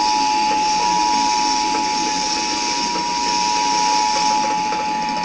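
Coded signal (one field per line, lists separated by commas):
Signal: Emergency Alert System (SAME) tones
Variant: 853 and 960 Hz attention tone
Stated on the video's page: EAS alert tone that chokes.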